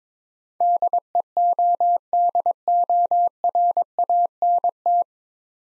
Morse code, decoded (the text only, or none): DEODORANT